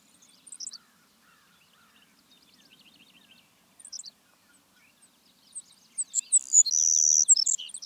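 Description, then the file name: Savannah sparrow song: scattered faint high chips, then a loud sizzling buzz with sharp notes around it near the end. "Passerculus sandwichensis - Savannah Sparrow"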